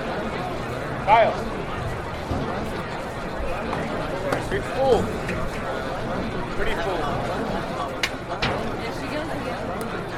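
Crowd chatter at the US Open tennis championships, a dense, steady murmur of many voices with no single speaker standing out. A couple of voices rise briefly around one and five seconds, and a few sharp clicks land near the eight-second mark.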